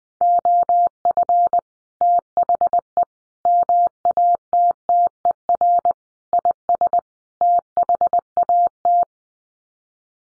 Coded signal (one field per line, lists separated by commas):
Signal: Morse code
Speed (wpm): 20 wpm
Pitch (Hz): 700 Hz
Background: none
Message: OF THE MATTER IS THAT